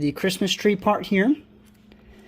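Someone talks briefly while handling a plastic Christmas-tree push clip on the engine bay insulation/trim of a Pontiac Solstice, about to press it back into its hole. After the talking, only a quiet low background hum remains with a faint tick near 1.9 s. Nothing has seated or clicked yet.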